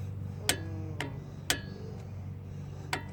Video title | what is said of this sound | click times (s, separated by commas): 2009 acadia tie rods | that's it click right there now | 1.5 s